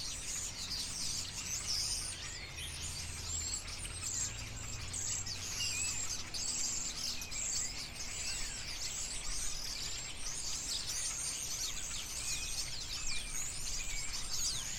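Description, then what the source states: Birds calling together in a steady chorus of shrill, overlapping chirps and short sweeping whistles, over a soft low rumble that swells early on. Birds in a tree.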